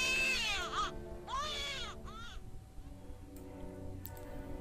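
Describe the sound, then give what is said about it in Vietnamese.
A newborn baby cries at night in an operating room in three high, wavering wails, each rising then falling in pitch, the last one shorter, followed by a quieter stretch with a low steady hum underneath. “Ấy, cái tiếng trẻ con khóc nó vang lên trong đêm này nghe thật là ấm lòng.”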